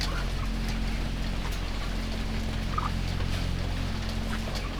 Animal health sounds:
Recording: poultry house recording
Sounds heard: healthy chickens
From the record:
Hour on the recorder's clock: 6

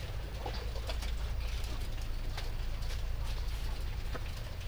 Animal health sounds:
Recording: poultry house recording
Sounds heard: sick chickens (respiratory disease)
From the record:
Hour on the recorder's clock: 3

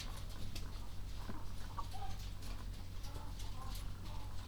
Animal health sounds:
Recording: poultry house recording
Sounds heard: sick chickens (respiratory disease)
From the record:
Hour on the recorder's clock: 23

